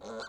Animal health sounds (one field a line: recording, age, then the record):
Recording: pig call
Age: piglet (1 to 25 days)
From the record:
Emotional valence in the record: negative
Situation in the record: short isolation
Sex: male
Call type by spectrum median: low-frequency call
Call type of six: mixed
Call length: 0.29 s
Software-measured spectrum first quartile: 490 Hz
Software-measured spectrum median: 957 Hz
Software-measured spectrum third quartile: 2158 Hz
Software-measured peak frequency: 545 Hz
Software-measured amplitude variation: 79 dB a second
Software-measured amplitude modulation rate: 19.1 a second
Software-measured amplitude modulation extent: 4.1 dB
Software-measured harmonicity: 2.0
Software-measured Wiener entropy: -1.80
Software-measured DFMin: 561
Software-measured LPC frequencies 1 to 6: 576, 1430, 3229, 4001, 4501, 6267 Hz